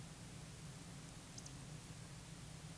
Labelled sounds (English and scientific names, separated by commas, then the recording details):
Eurasian Woodcock (Scolopax rusticola) whistle
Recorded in Baden-Württemberg, Germany, on 11 June 2021 at 20:07 UTC
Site 24606, 635 m above sea level